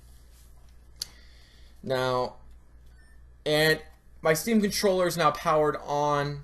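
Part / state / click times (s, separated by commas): battery cover into game controller body / seated / 1.0 s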